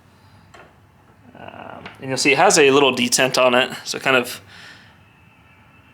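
A metal door pin with a small detent is handled after being pulled out of an RV-10 aircraft door handle mechanism, the detent meant to let it snap into place without safety wire. Faint light ticks are heard around 0.5 s and between 1.5 and 1.9 s before someone talks. Nothing has seated or clicked into place yet.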